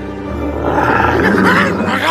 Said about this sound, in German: Er verliert das Baby. Ja! Und die Tiger stürzen sich wie die Berserker darauf.